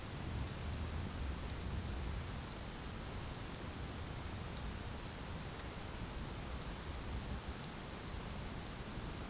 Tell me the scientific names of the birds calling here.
none